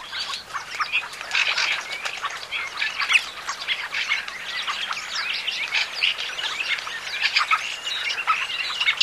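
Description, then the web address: Fieldfare song: a dense, continuous stream of scratchy, squeaky chattering notes, high-pitched and busy throughout, with a faint hiss of background noise. "bbc Bird Song Site Fieldfare - Litorne, Tourdelle"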